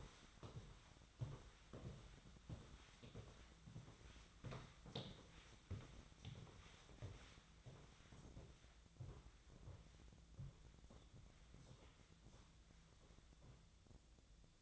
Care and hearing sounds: daily activity, microphone in the room; walk to room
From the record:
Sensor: 3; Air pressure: 1010.1 hPa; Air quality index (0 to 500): 182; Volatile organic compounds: 12 ppm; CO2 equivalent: 2370 ppm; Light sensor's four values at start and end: 41/102/44/48 and 43/106/46/49

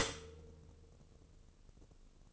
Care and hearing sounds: daily activity, microphone in the room; stop toaster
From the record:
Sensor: 4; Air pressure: 1007.9 hPa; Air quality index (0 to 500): 104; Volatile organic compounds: 1 ppm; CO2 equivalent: 773 ppm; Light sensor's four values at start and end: 10/22/9/9 and 10/23/9/9

